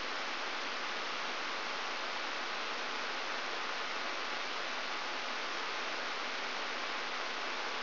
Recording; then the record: brain microelectrode recording played as sound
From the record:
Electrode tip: outside the subthalamic nucleus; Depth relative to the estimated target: -2 mm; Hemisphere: right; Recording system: AlphaMap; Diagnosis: Parkinson's disease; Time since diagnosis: 20 years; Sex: female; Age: 65 years